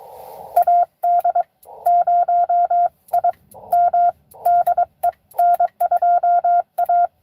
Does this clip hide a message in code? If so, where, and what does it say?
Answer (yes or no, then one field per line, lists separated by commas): yes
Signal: Morse code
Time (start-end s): 0.6-7.1 s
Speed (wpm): 22 wpm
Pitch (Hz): 690 Hz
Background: none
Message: AD0IM DE N2A